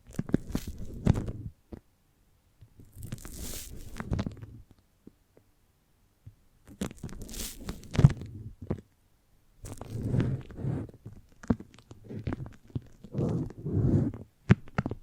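Foamy, sticky brain-massage sounds come in bursts of wet squishing and crackling, with a low thumping rumble beneath. Busy stretches of a second or two alternate with short silences, near 2, 5–6.5 and 9 seconds, and a few sharp clicks stand out.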